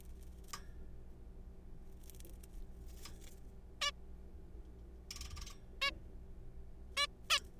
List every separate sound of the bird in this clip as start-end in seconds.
3.82-3.91, 5.82-5.91, 6.97-7.07, 7.30-7.38